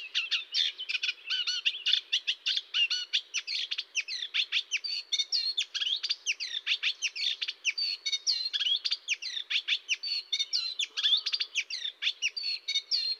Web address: IVN Zangvogels 28-Kleine Karekiet